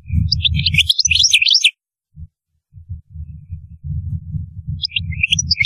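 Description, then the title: European goldfinch song, quick high twittering bursts at the start and end, with low rumbling noise underneath for most. "Chant Chardonneret"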